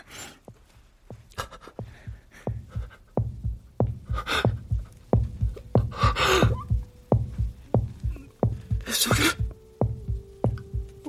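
Acted fetal heartbeat sound: rhythmic thumping beats with whooshing, coming from a pregnant woman's belly, the heartbeat of the couple's unborn child.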